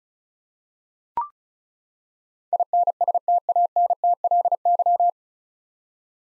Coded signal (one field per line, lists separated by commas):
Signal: Morse code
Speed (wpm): 36 wpm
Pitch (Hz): 700 Hz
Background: none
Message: INSTANTLY